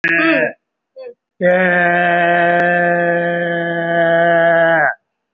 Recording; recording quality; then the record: sustained vowel as in made; excellent, no background noise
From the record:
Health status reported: recovered from COVID-19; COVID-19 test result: positive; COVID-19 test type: RT-PCR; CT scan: not taken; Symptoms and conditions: cough, cold, breathing difficulty, sore throat, chronic lung disease, pneumonia, another respiratory illness, another condition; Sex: male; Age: 76 years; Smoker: yes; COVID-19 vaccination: one dose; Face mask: worn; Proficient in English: no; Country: India